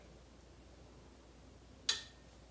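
A steel body-grip beaver trap is being set, with its springs pulled down and the trigger dog engaged until it catches. After a quiet stretch, a single sharp metallic click sounds at 1.9 s, followed by a brief ringing tail. The trigger dog has latched and the trap is set and ready to go.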